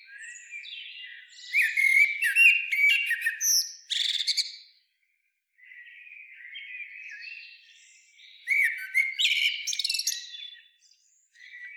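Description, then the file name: Eurasian blackbird song: two phrases of low fluted whistles mixed with thin, scratchy high twitters, with quiet warbling between. "Turdus merula"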